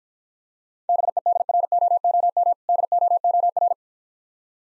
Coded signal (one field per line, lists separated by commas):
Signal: Morse code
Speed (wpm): 51 wpm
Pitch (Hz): 700 Hz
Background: none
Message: BEDROOM DOOR